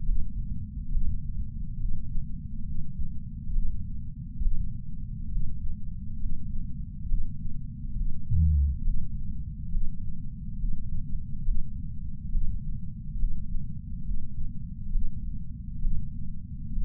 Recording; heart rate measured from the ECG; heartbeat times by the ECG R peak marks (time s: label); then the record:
heart sounds by patch sensor on the chest; 68 bpm
0.04 s: heartbeat
0.90 s: heartbeat
1.79 s: heartbeat
2.65 s: heartbeat
3.52 s: heartbeat
4.40 s: heartbeat
5.30 s: heartbeat
6.19 s: heartbeat
7.07 s: heartbeat
7.96 s: heartbeat
8.83 s: heartbeat
9.70 s: heartbeat
10.58 s: heartbeat
11.44 s: heartbeat
12.30 s: heartbeat
13.18 s: heartbeat
14.04 s: heartbeat
14.91 s: heartbeat
15.80 s: heartbeat
16.71 s: heartbeat
From the record:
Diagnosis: coronary artery disease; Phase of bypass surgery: preoperative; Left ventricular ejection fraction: 61.7%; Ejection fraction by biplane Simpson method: 55%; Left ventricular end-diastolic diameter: 51 mm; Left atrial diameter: 36 mm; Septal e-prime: 7.9 cm/s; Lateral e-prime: 10.3 cm/s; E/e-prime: 9.8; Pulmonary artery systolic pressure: 23 mmHg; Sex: male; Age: 58 years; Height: 160 cm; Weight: 70 kg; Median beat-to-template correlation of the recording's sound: 0.83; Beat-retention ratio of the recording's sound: 0.99